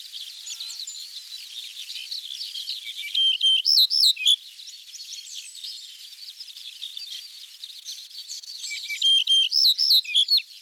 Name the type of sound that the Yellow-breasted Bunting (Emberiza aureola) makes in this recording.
song